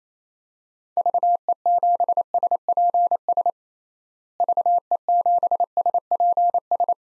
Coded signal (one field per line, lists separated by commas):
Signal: Morse code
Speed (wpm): 28 wpm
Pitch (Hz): 700 Hz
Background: none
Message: VE7SPS VE7SPS